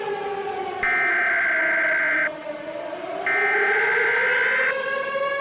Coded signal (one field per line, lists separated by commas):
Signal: Emergency Alert System (SAME) tones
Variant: header bursts